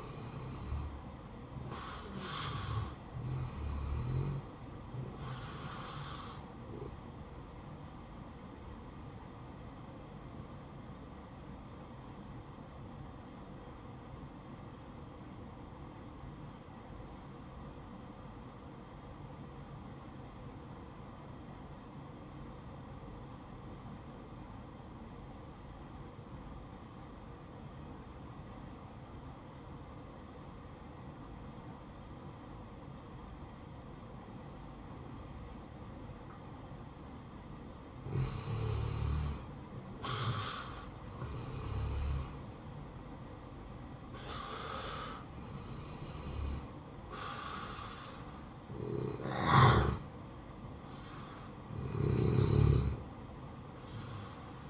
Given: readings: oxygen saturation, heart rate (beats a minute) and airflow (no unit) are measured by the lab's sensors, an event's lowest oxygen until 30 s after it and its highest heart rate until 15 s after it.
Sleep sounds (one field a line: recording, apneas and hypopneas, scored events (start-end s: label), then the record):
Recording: breathing in sleep by a smartphone at the bedside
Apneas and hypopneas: 1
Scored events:
10.00-41.30 s: hypopnea (N1, oxygen 95% highest, then 87% lowest, heart rate 55 at the start, 71 highest)
From the record:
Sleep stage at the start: N1 (lightest sleep)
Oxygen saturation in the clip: 87 to 95%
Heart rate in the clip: 55 to 71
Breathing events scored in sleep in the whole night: 573 in 9.8 hours asleep